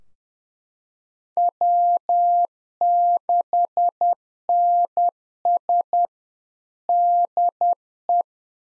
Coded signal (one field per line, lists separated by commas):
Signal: Morse code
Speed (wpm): 10 wpm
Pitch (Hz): 700 Hz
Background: none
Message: W6NS DE